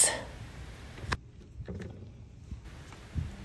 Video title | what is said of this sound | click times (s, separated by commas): Chapin International 20075 Disinfectant Bleach Sprayer, 1 Gallon, Translucent White | then you just twist and the handle will lock into place | 1.1 s